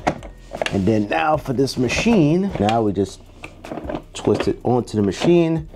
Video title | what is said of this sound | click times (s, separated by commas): Turn ANYTHING into Homemade Ice Cream! - Ninja Creami | milkshakes nothing too crazy to make but okay snaps right on | 0.1 s